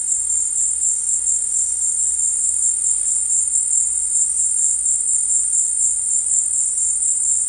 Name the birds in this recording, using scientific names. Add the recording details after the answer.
none. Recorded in dense forest near Puerto Asís, Putumayo, Colombia, on 20 February 2024 at 16:30. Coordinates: 0.484, -76.317. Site G6464